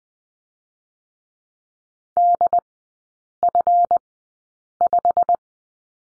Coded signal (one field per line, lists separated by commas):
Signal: Morse code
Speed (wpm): 20 wpm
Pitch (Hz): 700 Hz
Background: none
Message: DF5